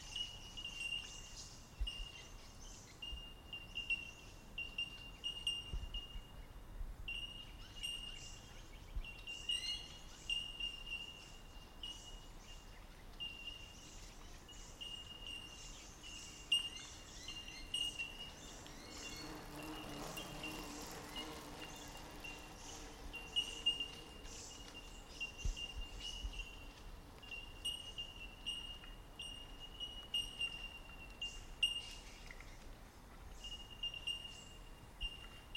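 Bellbirds ring out all around along a bush track, their clear, high, bell-like pings repeating steadily and overlapping throughout. Around the middle, a soft passing rush, perhaps a vehicle or breeze, swells and fades beneath the calls.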